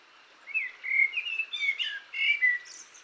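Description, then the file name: Eurasian blackbird delivering a longer warbling phrase of varied mellow whistles, ending with a thin high squeak. "Turdus merula"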